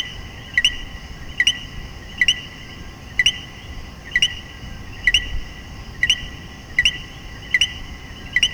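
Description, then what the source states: Coquí giving a rapid series of co-kee calls, each a quick lower note leaping to a higher one, repeated nearly every second against a constant hum. Puerto Rico.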